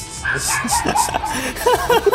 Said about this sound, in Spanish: No, es el perro. Es mi perro, el poder mutante de mi perro es poder atravesar con su agudo ladrido cualquier pared de cemento.